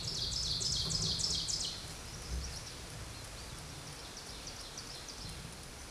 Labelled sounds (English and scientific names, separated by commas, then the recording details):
Ovenbird (Seiurus aurocapilla) song
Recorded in a Pennsylvania forest on 17 May 2023 at 13:01
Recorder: AudioMoth, point grid1_8_low
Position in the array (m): 132 m, 68 m